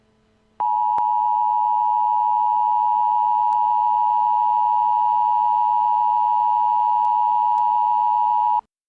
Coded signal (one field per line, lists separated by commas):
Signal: Emergency Alert System (SAME) tones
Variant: 853 and 960 Hz attention tone